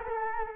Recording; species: mosquito wingbeat signal from an infrared sensor; Culex quinquefasciatus